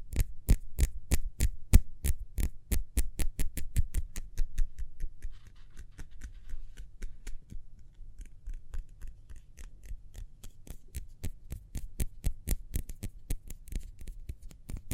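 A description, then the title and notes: Quick hand sounds: sharp, crisp taps or claps arriving in a fast, fairly even stream, several each second. They are loudest and densest at the start, thin out and soften around the middle, then pick up again toward the end over a low, dull rumble. ASMR Speedy Hand Sounds (No Talking).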